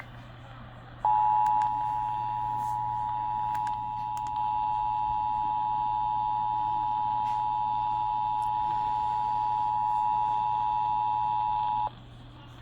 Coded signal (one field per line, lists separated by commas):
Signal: Emergency Alert System (SAME) tones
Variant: 853 and 960 Hz attention tone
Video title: eas svr Eas#305- 306)